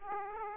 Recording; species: mosquito wingbeat signal from an infrared sensor; Aedes aegypti